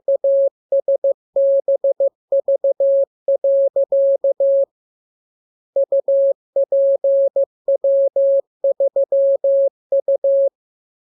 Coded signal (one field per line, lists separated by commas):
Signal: Morse code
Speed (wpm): 15 wpm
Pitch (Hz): 550 Hz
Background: none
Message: ASBV. UPW3U